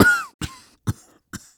Cough hand over mouth male.